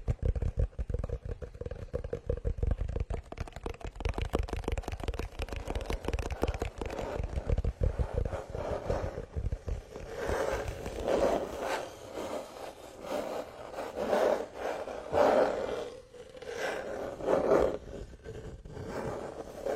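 Wooden massage tools work over skin in a steady, dense scraping rhythm, full of quick rapid clicks and a low rumble for the first ten seconds. After that the strokes turn smoother and slower, with rubbing sounds swelling and fading every second or two.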